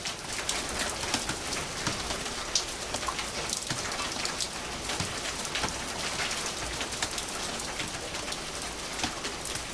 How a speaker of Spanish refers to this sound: ¡Está lloviendo!